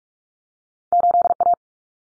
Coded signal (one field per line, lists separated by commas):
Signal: Morse code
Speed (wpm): 44 wpm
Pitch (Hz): 700 Hz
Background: none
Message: 8A